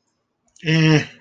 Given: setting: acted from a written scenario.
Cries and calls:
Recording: vocal sound without words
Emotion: neutral

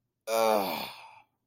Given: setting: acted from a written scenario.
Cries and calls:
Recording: vocal sound without words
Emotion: contempt

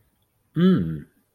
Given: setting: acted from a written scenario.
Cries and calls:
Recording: vocal sound without words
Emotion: desire

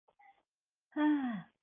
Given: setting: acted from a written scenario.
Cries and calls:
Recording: vocal sound without words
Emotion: romantic love

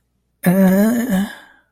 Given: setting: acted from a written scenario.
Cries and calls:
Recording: vocal sound without words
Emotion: embarrassment

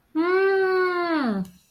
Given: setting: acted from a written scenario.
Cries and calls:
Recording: vocal sound without words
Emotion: ecstasy

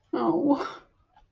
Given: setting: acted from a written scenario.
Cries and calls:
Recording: vocal sound without words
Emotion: disappointment

